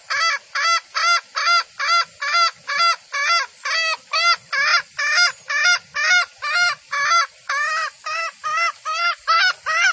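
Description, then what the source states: Junglefowl clucks: loud, nasal notes repeated steadily about twice a second throughout, each short and evenly spaced. Female junglefowl call used as a lure for trapping in the forest.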